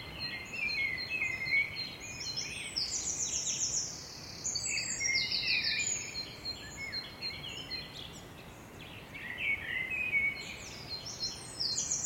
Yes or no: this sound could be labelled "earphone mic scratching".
no